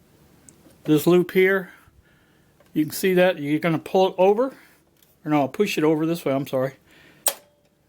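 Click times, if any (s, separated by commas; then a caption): 7.3 s. Someone talks while the blue hard drive cage lock handle inside a Dell Optiplex 9020 SFF desktop PC chassis is pushed over toward the unlock position. A sharp click is heard at 7.3 s as the handle unlocks, releasing the drive cage.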